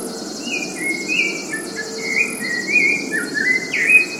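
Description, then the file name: Rufous-bellied thrush giving a series of bright whistled notes, some sliding upward, while high buzzy insects pulse steadily in the background. Cantareira, São Paulo state, Brazil. "Turdus-rufiventris-PECantareira SP. ASilveira"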